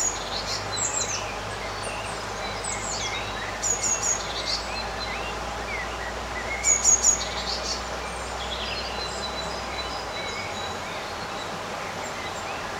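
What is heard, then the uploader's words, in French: A calm summer day in a garden, with almost no wind. Birds chirp in short high bursts, most clearly near four and seven seconds, over a soft steady hiss, while a low hum of traffic fades out after about ten seconds. Une journée d’été dans le jardin. La magie d'une journée d'été presque sans vent. Les oiseaux chantent leurs douces mélodies.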